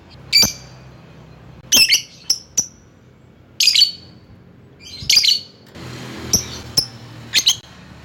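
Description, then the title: Lovebird calls, harsh high squawks and chirps given singly or in pairs at irregular intervals, with quiet gaps between. Lovebird calling a rival. "Lovebird Memanggil Lawan"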